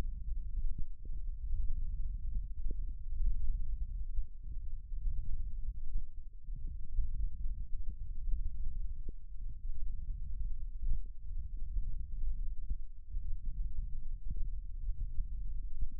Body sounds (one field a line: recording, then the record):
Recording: forearm muscle sounds (acoustic myography)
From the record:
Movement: thumb flexion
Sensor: system 1, eight BSWA MPA416 microphones around the upper forearm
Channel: 8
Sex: male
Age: 18 years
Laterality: right